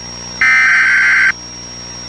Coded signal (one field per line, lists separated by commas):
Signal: Emergency Alert System (SAME) tones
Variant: header bursts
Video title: (VALID TONES) EAS Recreation Mock - Catoosa Hazardous Materials Incident (July 12, 2001)